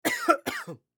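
Two short coughs from a man.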